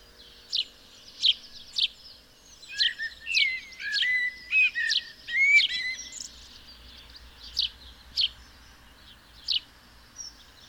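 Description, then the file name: House sparrow calls, scattered sharp chirps at uneven intervals, with a brief cluster of lower tonal twittering notes in the middle. "Passer domesticus"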